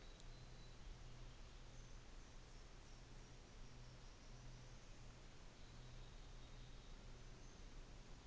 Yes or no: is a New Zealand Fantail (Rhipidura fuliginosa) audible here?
yes